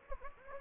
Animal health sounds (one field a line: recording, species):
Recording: mosquito wingbeat signal from an infrared sensor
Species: Anopheles gambiae